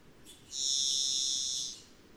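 Varied thrush song: a faint short note, then a long buzzy double-toned whistle held level for over a second before stopping.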